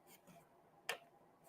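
After a struggle to line it up, a marquee panel is pushed into its slot on an arcade cabinet build. Faint, soft rustling comes first, then a single sharp snap at 0.9 s as the panel seats, followed by quiet.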